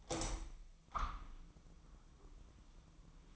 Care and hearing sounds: daily activity, microphone in the room; open window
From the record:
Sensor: 1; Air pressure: 1004.9 hPa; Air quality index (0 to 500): 117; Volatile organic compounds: 4 ppm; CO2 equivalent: 1623 ppm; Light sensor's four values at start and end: 8/21/8/9 and 8/21/8/9

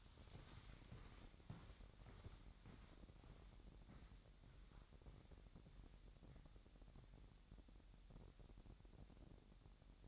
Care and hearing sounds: daily activity, microphone in the room; walk to room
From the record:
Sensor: 3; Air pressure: 1012.2 hPa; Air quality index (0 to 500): 167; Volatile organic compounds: 2 ppm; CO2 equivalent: 1261 ppm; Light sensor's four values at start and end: 128/289/123/116 and 132/313/129/118

